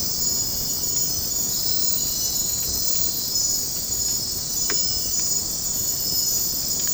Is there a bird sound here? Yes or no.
no